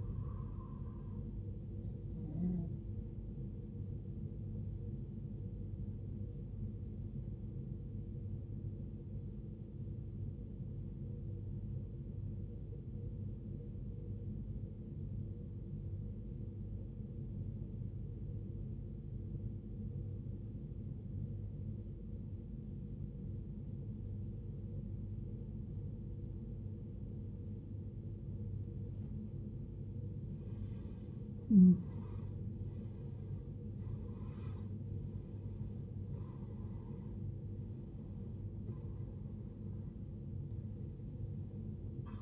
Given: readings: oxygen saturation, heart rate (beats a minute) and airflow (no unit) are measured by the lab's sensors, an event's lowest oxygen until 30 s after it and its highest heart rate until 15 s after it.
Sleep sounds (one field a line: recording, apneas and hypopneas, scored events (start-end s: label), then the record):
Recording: breathing in sleep by a smartphone at the bedside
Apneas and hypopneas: 1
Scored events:
9.00-31.30 s: obstructive apnea (N1, oxygen 95% highest, then 80% lowest, heart rate 59 at the start, 76 highest)
10.00-40.00 s: new sleep stage, N2 (light sleep)
40.00-42.22 s: new sleep stage, N1 (lightest sleep)
From the record:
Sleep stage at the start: N1 (lightest sleep)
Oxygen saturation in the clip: 83 to 95%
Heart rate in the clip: 59 to 76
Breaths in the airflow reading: 5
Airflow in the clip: -16.6 to 19.1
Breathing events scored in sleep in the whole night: 389 in 6.3 hours asleep